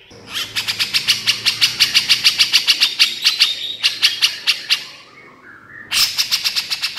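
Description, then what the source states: Horsfield's bush lark song: a fast run of sharp, chattering notes, with a short pause before the rapid series starts again. Branjangan singing energetically and continuously (gacor), used to train songbirds (masteran).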